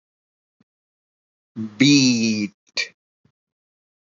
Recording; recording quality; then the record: sustained vowel as in beet; excellent, no background noise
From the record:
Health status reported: recovered from COVID-19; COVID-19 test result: negative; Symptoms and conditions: fatigue, muscle pain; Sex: male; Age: 41 years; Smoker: not ticked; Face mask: not worn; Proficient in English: yes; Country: India